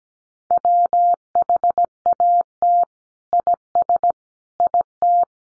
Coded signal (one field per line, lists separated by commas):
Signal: Morse code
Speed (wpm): 17 wpm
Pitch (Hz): 700 Hz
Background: none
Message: WHAT IS IT